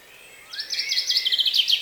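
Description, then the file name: Common chaffinch song opening, a bright, fast repeated trill of high notes, with a softer rising whistle underneath at the start. "Fringilla coelebs"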